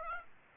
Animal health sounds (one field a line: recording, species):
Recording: mosquito wingbeat signal from an infrared sensor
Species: Aedes aegypti